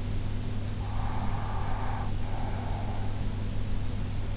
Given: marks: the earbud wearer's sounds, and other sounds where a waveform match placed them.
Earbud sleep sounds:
sounds in sleep by an in-ear microphone; breath
0.62-3.53 s: breath

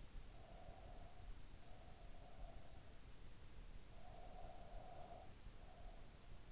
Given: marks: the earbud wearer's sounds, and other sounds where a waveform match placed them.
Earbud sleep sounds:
sounds in sleep by an in-ear microphone; breath
0.21-3.02 s: breath
3.73-6.28 s: breath

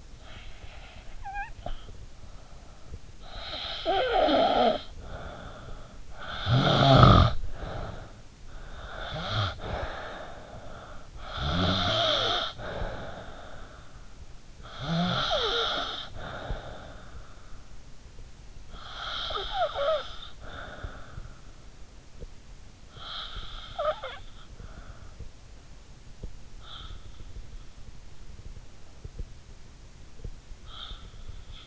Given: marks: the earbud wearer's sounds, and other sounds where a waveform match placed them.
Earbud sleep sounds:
sounds in sleep by an in-ear microphone; breath, snoring breath
0.00-3.13 s: breath
3.13-24.83 s: snoring breath

